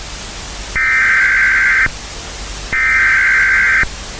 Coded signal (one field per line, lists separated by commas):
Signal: Emergency Alert System (SAME) tones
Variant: header bursts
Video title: EAS tornado warning 2nd revamp (FAKE DONT USE AS REAL.)